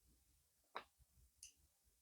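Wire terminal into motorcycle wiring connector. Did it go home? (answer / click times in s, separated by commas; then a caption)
yes / 0.8 s. While wiring a gear indicator on an SV650S motorcycle, a wire's crimped terminal is pushed into a plastic connector housing and locks with a sharp, small click at 0.8 s. A fainter, higher-pitched tick follows at 1.4 s over a quiet low background. The terminal is seated in the connector.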